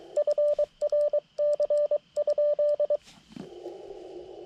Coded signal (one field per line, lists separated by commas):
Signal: Morse code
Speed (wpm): 23 wpm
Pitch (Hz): 590 Hz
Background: radio noise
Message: FRC?